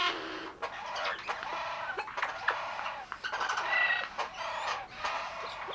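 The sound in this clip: Eurasian jay making rough, scratchy bursts and clicking notes, with a few thin whistled squeaks woven in, repeated in uneven bouts.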